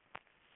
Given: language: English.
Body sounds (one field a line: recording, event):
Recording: throat vibration sensor signal played as sound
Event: swallow